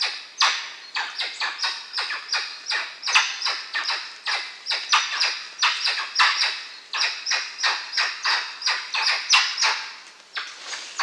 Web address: ENTER Music and Audio J - Nature Songs S America Primates of the Rainforest Common woolly monkey